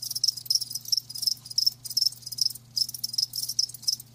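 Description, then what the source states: Cricket chirps pulsing roughly two or three times a second, bright and high, with a short pause midway and a faint hum. Live crickets chirping, a lulling song.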